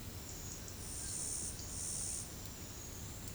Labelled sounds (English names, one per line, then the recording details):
none
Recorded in pastures near Puerto Asís, Putumayo, Colombia, on 12 March 2025 at 10:30
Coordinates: 0.505, -76.324
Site GP08